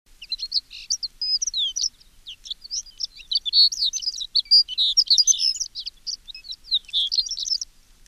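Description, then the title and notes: Horned lark song, a long run of high, thin tinkling and twittering notes that tumble rapidly with only brief pauses across about eight seconds, with quiet background. "Tunturikiuru. Tuukka Kupiainen"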